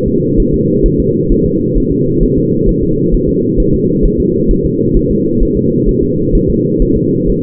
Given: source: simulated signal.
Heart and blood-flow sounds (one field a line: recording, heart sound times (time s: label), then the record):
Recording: fetal heart sounds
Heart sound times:
0.08 s: S2
0.40 s: S1
0.54 s: S2
0.86 s: S1
1.00 s: S2
1.32 s: S1
1.46 s: S2
1.78 s: S1
1.92 s: S2
2.23 s: S1
2.38 s: S2
2.69 s: S1
2.83 s: S2
3.14 s: S1
3.29 s: S2
3.60 s: S1
3.74 s: S2
4.05 s: S1
4.20 s: S2
4.51 s: S1
4.66 s: S2
4.97 s: S1
5.11 s: S2
5.43 s: S1
5.57 s: S2
5.89 s: S1
6.03 s: S2
6.35 s: S1
6.50 s: S2
6.82 s: S1
6.97 s: S2
7.30 s: S1
From the record:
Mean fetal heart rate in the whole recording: 130 bpm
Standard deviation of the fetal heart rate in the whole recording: 4 bpm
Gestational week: 38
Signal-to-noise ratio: -11.2 dB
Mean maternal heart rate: 72 bpm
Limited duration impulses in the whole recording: present